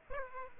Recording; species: mosquito wingbeat signal from an infrared sensor; Aedes aegypti